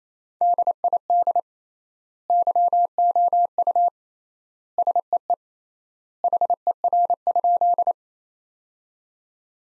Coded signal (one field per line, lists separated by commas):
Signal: Morse code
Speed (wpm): 28 wpm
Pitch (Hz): 700 Hz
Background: none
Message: DID YOU SEE HER?